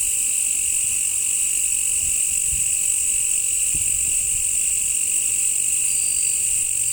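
Cricket chorus, a continuous high shrill trill at several steady pitches, with a few faint low thumps in the middle.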